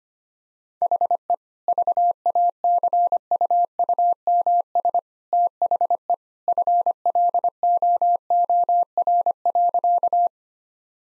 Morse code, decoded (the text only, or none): HE VACUUMS THE FLOOR.